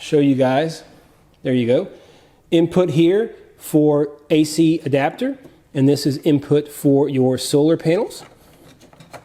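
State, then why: Not seated. A solar panel adapter plug is being handled at the solar input port of a BLUETTI AC200P portable power station, next to the AC adapter input, while someone talks. A couple of faint sharp ticks come right at the very end, but the plug has not seated or clicked into the port yet.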